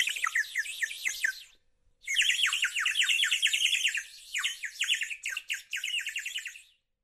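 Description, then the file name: Small bird song: fast runs of sharp, high, downslurred chirps and twitters in bursts, with a brief pause near two seconds before the chattering resumes. "Ptaszki"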